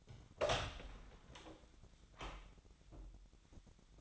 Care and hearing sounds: daily activity, microphone in the room; open door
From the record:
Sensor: 3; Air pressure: 1009.2 hPa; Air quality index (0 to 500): 200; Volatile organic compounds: 4 ppm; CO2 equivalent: 1613 ppm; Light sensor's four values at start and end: 45/119/52/52 and 46/120/52/52

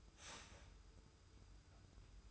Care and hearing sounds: daily activity, microphone in the room; start toaster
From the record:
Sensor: 2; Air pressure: 990.6 hPa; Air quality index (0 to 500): 163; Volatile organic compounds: 811 ppm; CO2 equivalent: 5140 ppm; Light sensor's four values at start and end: 24/56/23/23 and 24/56/23/23

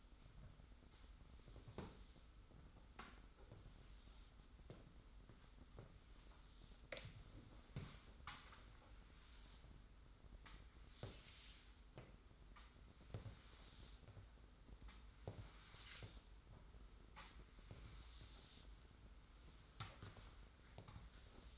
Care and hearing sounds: daily activity, microphone in the room; sweep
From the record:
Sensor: 3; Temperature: 25.5 degrees Celsius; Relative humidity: 40.5%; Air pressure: 991.3 hPa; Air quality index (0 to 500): 141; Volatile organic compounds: 321 ppm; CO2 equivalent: 4526 ppm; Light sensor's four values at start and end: 49/134/55/48 and 28/77/32/29

